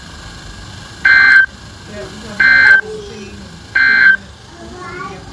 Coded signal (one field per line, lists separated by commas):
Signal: Emergency Alert System (SAME) tones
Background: speech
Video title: Little Bit Of Everything (EAS 641-659)